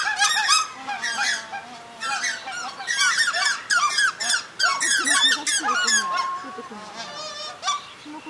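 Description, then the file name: Lesser White-fronted Goose flock calling: a dense, continuous chorus of shrill, squeaky yelps from many birds overlapping throughout, easing off toward the end. "karigane"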